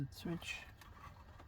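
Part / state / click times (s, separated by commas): hazard switch wiring connector into switch socket in dashboard / not seated / none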